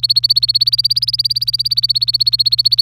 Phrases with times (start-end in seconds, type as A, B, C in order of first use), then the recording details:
0.00-2.82 A. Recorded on 26 April 2018 at 18:28. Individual llb3